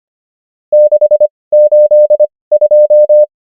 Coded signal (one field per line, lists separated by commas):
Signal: Morse code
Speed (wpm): 25 wpm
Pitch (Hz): 600 Hz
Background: none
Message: 682